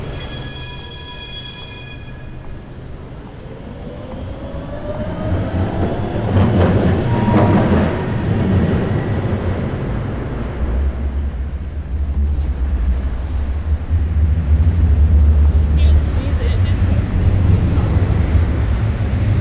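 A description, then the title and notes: Heavy traffic rumbles past near a bridge, with a dense low roar that swells from about five seconds and stays loud to the end. A high tonal whine fades early, rising and falling squeals cross around seven seconds, and a deep engine drone settles in late. Friedrichstrasse Brücke. One of Berlin's main transit node. Heavy trains, trucks and trams.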